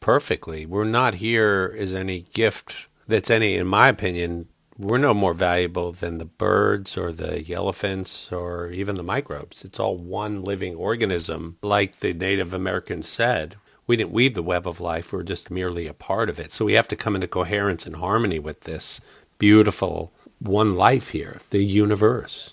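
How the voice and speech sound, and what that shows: A man speaks fluently in a low-pitched voice with steady, even pacing and only brief natural pauses. A slight creak appears at some phrase endings. The speech is clear, with no stutter, slurring or hoarseness: an ordinary adult voice.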